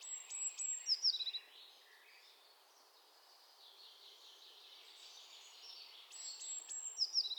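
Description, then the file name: Eurasian blue tit: two bursts of a high thin note then rapid falling chips, separated by several seconds of bird chatter. "Cyanistes caeruleus"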